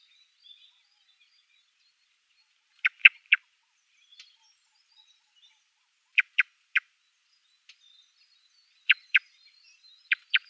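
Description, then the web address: Song thrush calls: short, sharp clicking notes in four tight bursts of two or three, with faint thin whistles from other birds behind. "Schulze Peter Song Thrush calls"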